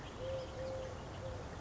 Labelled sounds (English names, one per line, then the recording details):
Eurasian Collared Dove
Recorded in Sonoma County, California